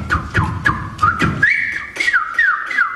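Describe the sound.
A person whistles an imitation of a small bird singing: a run of short chirping notes with sharp upward flicks, then a sustained warbling trill that swoops up and down, fairly loud with no talking.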